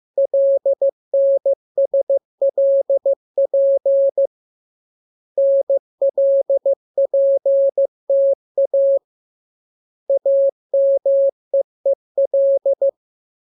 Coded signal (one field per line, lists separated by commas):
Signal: Morse code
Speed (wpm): 15 wpm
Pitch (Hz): 550 Hz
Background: none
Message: LNSLP NLPTA AMEEL